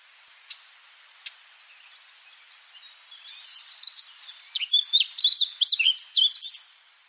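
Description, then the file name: Eurasian blackcap song: a few soft, sharp ticking notes at first, then a loud, fast, fluty warble of varied whistled phrases bursting in just before halfway and continuing almost to the end. "Sylvia atricapilla"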